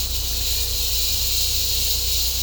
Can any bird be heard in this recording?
no